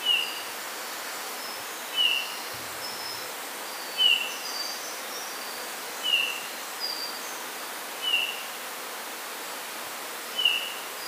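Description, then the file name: Eurasian bullfinch calling with brief, soft piped notes, six in all, about every two seconds, over steady background noise. "Pyrrhula pyrrhula"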